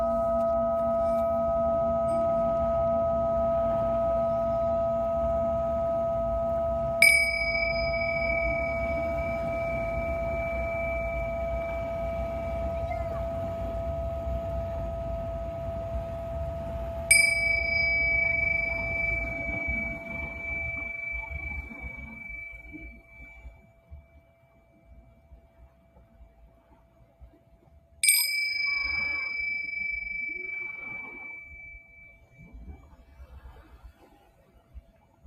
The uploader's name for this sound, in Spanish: Cuenco tibetano desde Caribe Mexicano